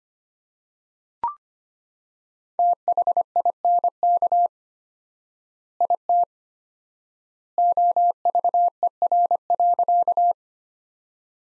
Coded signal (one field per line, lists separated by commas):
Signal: Morse code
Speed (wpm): 25 wpm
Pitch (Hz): 700 Hz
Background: none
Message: THINK IT OVER.